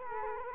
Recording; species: mosquito wingbeat signal from an infrared sensor; Culex quinquefasciatus